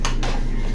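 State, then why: Not seated. The folding buttstock of a pellet gun is folded or unfolded, giving two sharp metallic clatters at about 0.1 s and 0.2 s over a steady low hum. The stock does not lock, and nothing has clicked or seated yet.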